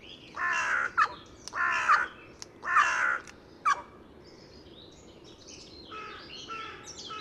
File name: Corvus corone